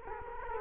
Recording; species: mosquito wingbeat signal from an infrared sensor; Culex quinquefasciatus